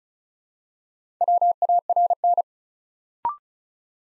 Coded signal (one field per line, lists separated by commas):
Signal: Morse code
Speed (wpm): 36 wpm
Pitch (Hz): 700 Hz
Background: none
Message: WARN